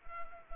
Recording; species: mosquito wingbeat signal from an infrared sensor; Anopheles arabiensis